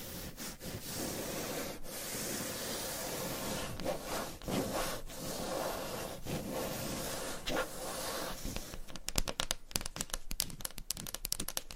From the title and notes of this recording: ASMR Surface Scratching - Tapping - Tracing.